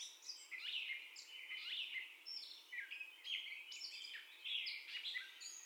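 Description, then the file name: Catbird delivering a rambling song of harsh chatters and clear squeaky whistles in quick, irregular bursts. First song, 30 May 2021, at 04:48. "2021-05-30 Catbird First Song"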